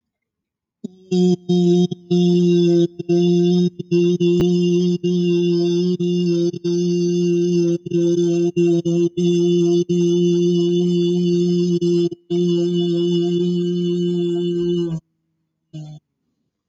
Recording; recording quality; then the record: sustained vowel as in beet; excellent, no background noise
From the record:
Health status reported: exposed to COVID-19, no respiratory illness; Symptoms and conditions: none ticked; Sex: male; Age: 37 years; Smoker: not ticked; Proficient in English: yes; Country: India